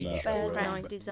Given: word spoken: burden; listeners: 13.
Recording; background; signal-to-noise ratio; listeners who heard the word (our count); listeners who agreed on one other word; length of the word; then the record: one English word in noise, from a listening test; four-talker babble; -2.0 dB; 3 of 13; 9 of 13; 0.72 s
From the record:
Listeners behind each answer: 9, 3, 1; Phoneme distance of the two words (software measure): 7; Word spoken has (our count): 2 syllables, 4 phonemes, stress on syllable 1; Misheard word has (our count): 1 syllable, 3 phonemes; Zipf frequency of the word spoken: 4.06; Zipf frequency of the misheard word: 4.85